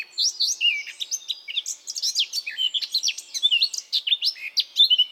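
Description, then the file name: Eurasian blackcap song, a continuous hurried warble of mixed chirps, slurred whistles and quick notes without pause. "Sylvia atricapilla"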